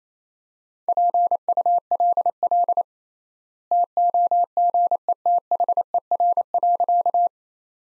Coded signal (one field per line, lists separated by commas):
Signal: Morse code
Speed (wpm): 28 wpm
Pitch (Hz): 700 Hz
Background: none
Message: PULL TOGETHER.